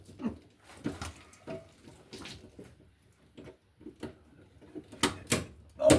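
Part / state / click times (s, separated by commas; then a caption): electrical cable into snap-in connector on main panel / seated / 5.0 s. An electrical cable is pushed down into a snap-in cable connector in a knockout on a new 100 amp 120/240 volt main panel, with soft rustling and scraping leading up to it. A sharp little snap at 5.0 s marks the cable seating in the connector, and the wires go in.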